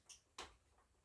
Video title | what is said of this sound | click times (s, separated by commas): Cobra rattler has landed!!! | Snaps right in. | 0.4 s